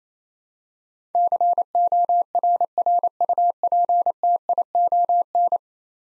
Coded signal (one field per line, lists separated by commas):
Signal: Morse code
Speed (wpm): 28 wpm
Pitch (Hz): 700 Hz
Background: none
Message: CORRUPTION